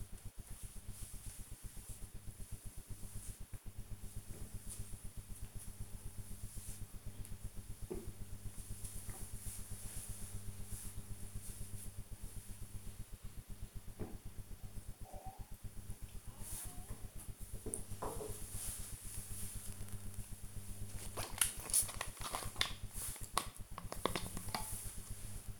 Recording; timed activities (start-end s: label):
household activities, microphone on the right wrist
0.00-16.60 s: drinking